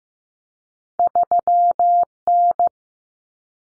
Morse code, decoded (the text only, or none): 3N